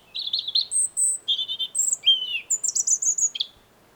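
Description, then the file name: European robin song: varied phrases alternating between warbled mid-high notes and thin piercing whistles, with a downslurred note in the middle. "Erithacus rubecula"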